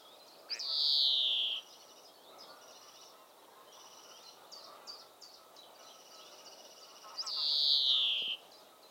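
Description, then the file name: European greenfinch producing two harsh, descending, nasal wheezes nearly seven seconds apart, with quiet twitters and chips in between. "Chloris chloris"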